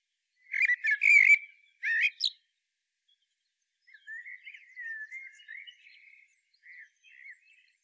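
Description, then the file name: Common blackbird song: two loud mellow phrases with squeaky tails, followed by a softer, drawn-out low warble. "Turdus merula"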